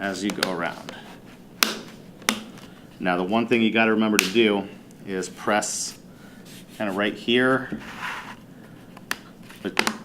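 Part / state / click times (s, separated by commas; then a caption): plastic screen bezel into laptop display back cover / seated / 1.6 s, 2.3 s. Someone works around the plastic screen bezel of an HP Chromebook 11 G5 EE during a screen replacement, pressing it onto the laptop's display back cover. Sharp snaps at 1.6 s and 2.3 s are the bezel clips seating into place, while someone talks.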